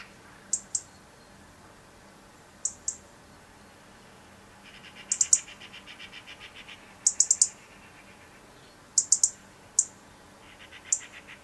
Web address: SETE Erithacus rubecula